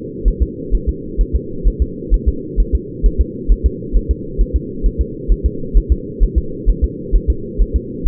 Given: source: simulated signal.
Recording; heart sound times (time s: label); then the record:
fetal heart sounds
0.28 s: S1
0.43 s: S2
0.75 s: S1
0.89 s: S2
1.21 s: S1
1.35 s: S2
1.68 s: S1
1.82 s: S2
2.14 s: S1
2.28 s: S2
2.60 s: S1
2.75 s: S2
3.06 s: S1
3.21 s: S2
3.52 s: S1
3.66 s: S2
3.97 s: S1
4.11 s: S2
4.41 s: S1
4.56 s: S2
4.86 s: S1
5.01 s: S2
5.32 s: S1
5.46 s: S2
5.77 s: S1
5.92 s: S2
6.23 s: S1
6.38 s: S2
6.69 s: S1
6.84 s: S2
7.15 s: S1
7.30 s: S2
7.62 s: S1
7.76 s: S2
8.08 s: S1
From the record:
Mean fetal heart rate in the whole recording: 130 bpm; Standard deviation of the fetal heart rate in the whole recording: 2 bpm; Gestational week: 36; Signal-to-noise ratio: -4.3 dB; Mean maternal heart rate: 72 bpm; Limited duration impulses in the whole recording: absent